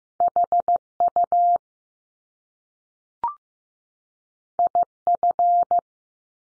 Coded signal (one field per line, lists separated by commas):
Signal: Morse code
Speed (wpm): 15 wpm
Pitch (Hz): 700 Hz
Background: none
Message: H UI F